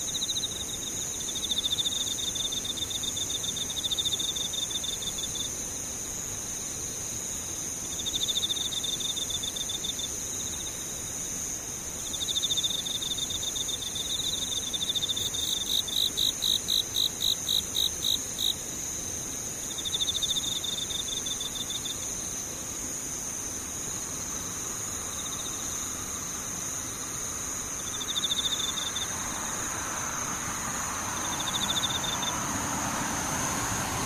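Insects sing without pause: a steady, high, thin tone runs through the whole clip, with a higher shimmering layer above it. A lower trill rises and falls in bursts every few seconds, and a rapid pulsing chirp breaks in around 15 to 18 seconds.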